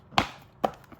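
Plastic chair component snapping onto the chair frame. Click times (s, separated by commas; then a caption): 0.2 s. During assembly of a Uline 24/7 mesh office chair, a plastic part is pressed onto the chair frame and snaps into place at 0.2 s, so it holds itself while the screws go in. A second, similar sharp hit follows at about 0.6 s, then a few faint ticks. The part is seated.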